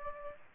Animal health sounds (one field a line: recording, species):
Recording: mosquito wingbeat signal from an infrared sensor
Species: Aedes aegypti